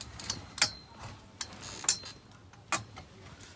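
A person lying on the bed pushes the poles of a folding bed frame with their feet until the pole joint locks into the frame. Sharp clicks sound at 0.6 s and 1.9 s among a few softer knocks. The pole joint is seated and locked.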